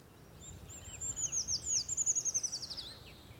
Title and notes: Puukiipijä. Juha Laaksonen